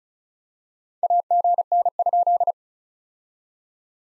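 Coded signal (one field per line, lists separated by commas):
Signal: Morse code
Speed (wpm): 36 wpm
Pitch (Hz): 700 Hz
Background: none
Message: AGN?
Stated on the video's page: POTA exchange practice at 35 wpm; each exchange sent in Morse, spoken, then sent again.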